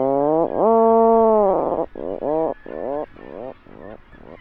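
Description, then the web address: Atlantic puffin call: a long steady groaning note followed by a run of shorter, stuttered grunts that fade toward the end. "Songs of Birds of North America Know Your Bird Sounds Common Western Species. Atlantic Puffin"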